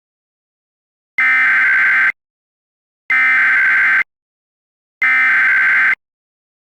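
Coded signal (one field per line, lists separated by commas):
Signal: Emergency Alert System (SAME) tones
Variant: header bursts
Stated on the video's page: Fictional EAS scenario tones about exploding arcade cabinets.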